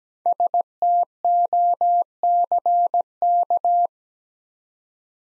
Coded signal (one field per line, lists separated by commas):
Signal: Morse code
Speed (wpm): 17 wpm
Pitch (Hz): 700 Hz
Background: none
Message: STOCK